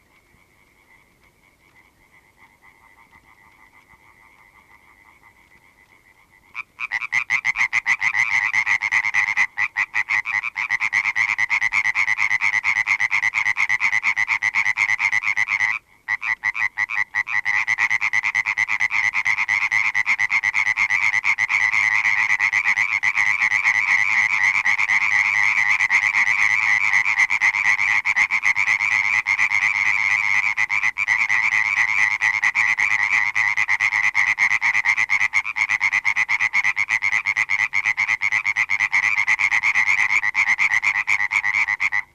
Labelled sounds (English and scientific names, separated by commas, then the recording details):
Common Tree Frog (Hyla arborea) call
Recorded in the wild
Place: Tannenberg, DE
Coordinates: 50.805, 8.7625
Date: 1965-05-18
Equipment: Uher Report 4000, AKG D190
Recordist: Krey, Winfried